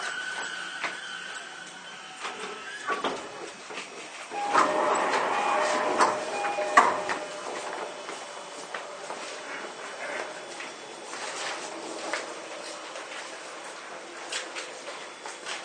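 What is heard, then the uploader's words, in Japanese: A Toei 10-300 series train in motion, opening with a steady motor whine that fades out near three seconds. A louder rushing rumble swells from about four to seven seconds, ending in a sharp knock, then quieter running with scattered clicks and faint whines. 都営10-300形(3次車) 新線新宿〜高尾山口。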